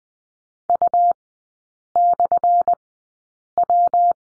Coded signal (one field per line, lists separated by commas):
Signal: Morse code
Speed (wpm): 20 wpm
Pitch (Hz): 700 Hz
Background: none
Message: U/W